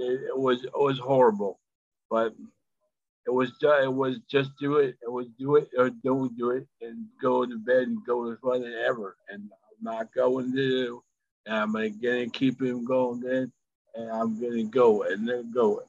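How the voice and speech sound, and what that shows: An adult man, a stroke survivor who was still very sick and in hospital at 8 months, speaks in fluent-sounding bursts with restarts ('it was, it was just, it was') and repetitive, empty phrases ('go to bed and go to bed', 'I'm gonna go and then go'). Word-finding difficulty and perseveration fit aphasia after stroke.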